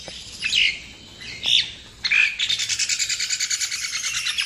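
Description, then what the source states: Bird song: a few loud chirped notes with pauses, then a fast pulsing trill of repeated high notes running to the end, with hiss behind. Masteran, training songs for cage birds.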